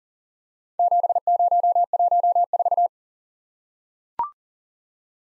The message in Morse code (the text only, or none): 7014